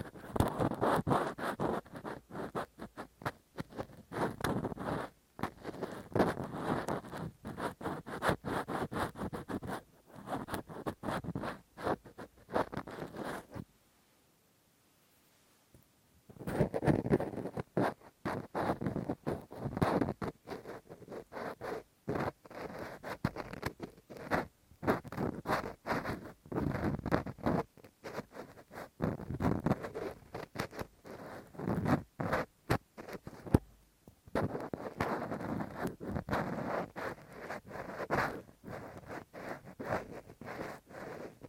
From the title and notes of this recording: ASMR Intense Rough Deep Ear Cleaning w Q-tip, Ear Pick 1 Hour (No Talking).